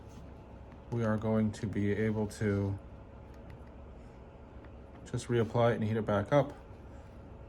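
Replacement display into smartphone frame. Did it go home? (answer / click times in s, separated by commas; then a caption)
no / none. A replacement display for a Google Pixel 6a is handled over the smartphone's frame, with its existing adhesive about to be reused and heated back up. Someone talks in two bursts over a quiet, low background hum. Nothing has seated or clicked into the frame yet.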